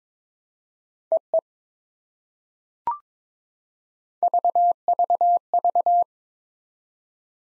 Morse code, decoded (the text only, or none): EE VVV